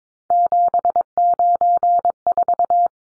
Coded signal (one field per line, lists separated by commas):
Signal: Morse code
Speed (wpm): 22 wpm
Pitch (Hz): 700 Hz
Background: none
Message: 794